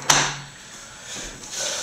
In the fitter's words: will pop up if you try to lift it up too H but it's on little just on little post snaps right over place